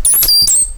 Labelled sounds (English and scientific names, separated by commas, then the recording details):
Stitchbird (Notiomystis cincta) song
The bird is a male
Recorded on Tiritiri Matangi Island, New Zealand, in 2005
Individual 8, of nest box 10